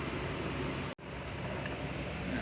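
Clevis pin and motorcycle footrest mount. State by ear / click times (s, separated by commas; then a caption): not seated / none. A motorcycle footrest on a Harley Sportster 883 is held and lined up on its metal mount so a clevis pin can be pushed through. Steady broadband noise runs throughout, with a brief near-silent gap at about 0.9–1.0 s. The pin has not been pushed through and nothing has seated or clicked yet.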